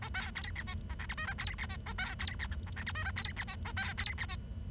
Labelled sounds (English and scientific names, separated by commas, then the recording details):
Bengalese Finch (Lonchura striata domestica) song
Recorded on 23 June 2012 at 08:59
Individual gr41rd51